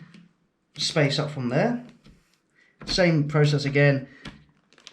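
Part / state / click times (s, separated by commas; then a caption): RAM module into motherboard DIMM slot / seated / 4.3 s, 4.9 s. Someone talks while a second RAM module is fed into a motherboard DIMM slot, one slot up after skipping a channel, in a PC build with a Ryzen 3900XT and RTX 2070 Super. The module is pressed down until its retention clips click at 4.3 s and 4.9 s, seating it firmly.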